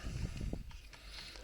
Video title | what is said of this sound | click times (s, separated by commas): Generation Toy Tyrant Review | it won't latch all the way together yet don't worry about that yet | 0.5 s